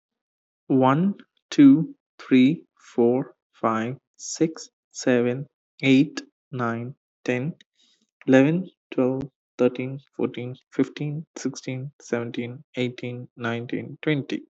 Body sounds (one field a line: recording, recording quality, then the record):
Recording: counting at a normal pace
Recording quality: excellent, no background noise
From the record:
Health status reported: respiratory illness, not identified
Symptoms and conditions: asthma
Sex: male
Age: 24 years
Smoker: not ticked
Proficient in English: yes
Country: India